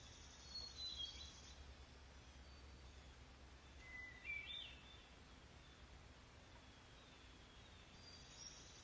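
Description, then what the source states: Hermit Thrush giving brief, faint phrases, one near the start and one after about four seconds. Sung in the morning from near a pond, heard from a porch as fog lifts after a rainy night, Monday, July 6, 2020; bird singing vigorously.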